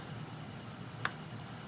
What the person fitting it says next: There we go. It kind of clicks into place.